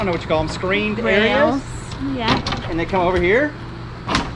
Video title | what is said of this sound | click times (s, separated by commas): How We Live In This HUGE RV! - Grand Design Momentum 397TH! - Full Time RV Living! | they just lock in like that lock into place | 4.2 s